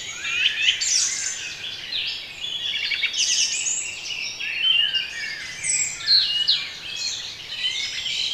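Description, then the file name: Songbirds chorus with rapid chirps, whistles and twittering trills overlapping throughout. Bird sounds for relaxation. "relaksacja odglosy ptakow"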